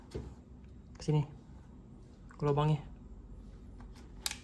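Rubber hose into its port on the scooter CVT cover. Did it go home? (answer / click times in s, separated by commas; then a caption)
yes / 4.3 s. A rubber hose is pushed back into its hole on the CVT cover of a Vario 160 scooter while someone talks. A sharp click at 4.3 s shows the hose has seated in its port.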